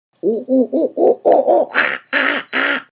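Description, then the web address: Monkey calling in a rapid run of about nine hooting notes, starting low and rounded, then turning into harsher, higher-pitched cries at the end. "hellomonkey monkey"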